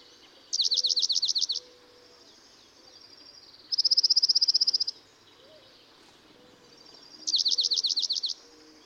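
Dark-eyed junco song: three bright trills, each about a second long and spaced roughly three seconds apart.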